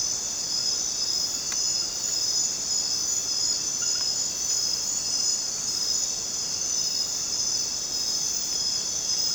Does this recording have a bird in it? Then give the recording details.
no. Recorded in dense forest near Puerto Asís, Putumayo, Colombia, on 27 June 2025 at 21:30. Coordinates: 0.484, -76.317. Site G045